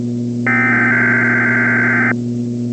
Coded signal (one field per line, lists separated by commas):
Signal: Emergency Alert System (SAME) tones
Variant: header bursts